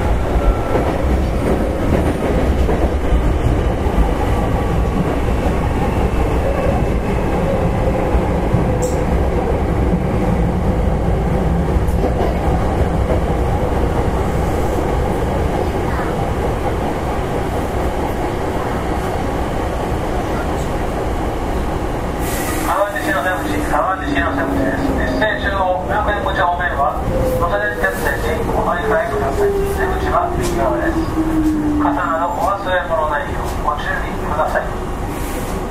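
An express train on the Takarazuka Line rumbles steadily with dense low roar, then after twenty-two seconds brighter rattling and a falling whine emerge.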